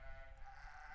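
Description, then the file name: Sheep bleat, one steady, nasal harmonic tone, with a low rumble underneath. "Schaf"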